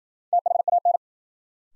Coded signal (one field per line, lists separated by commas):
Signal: Morse code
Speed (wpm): 53 wpm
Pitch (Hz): 700 Hz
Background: none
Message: THAN